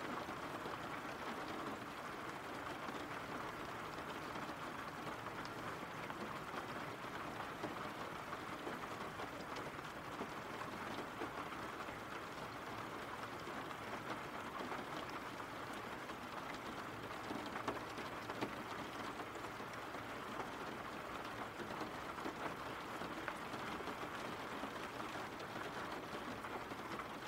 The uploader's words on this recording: RAIN SOUNDS.